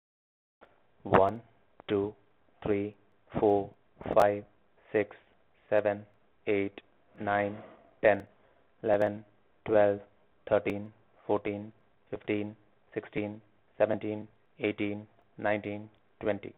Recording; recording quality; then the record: counting at a normal pace; excellent, no background noise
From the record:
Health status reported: healthy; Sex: male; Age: 32 years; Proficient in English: yes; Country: India